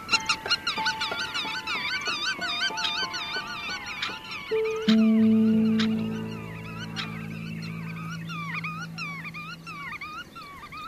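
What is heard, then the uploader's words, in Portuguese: Birds in the Arctic call constantly, a dense chorus of repeated bright, wavering cries throughout. Goose-like honks sound in the first half, and around five seconds several low, held tones slide downward and fade over the next few seconds while the chattering chorus continues. Aves no Ártico.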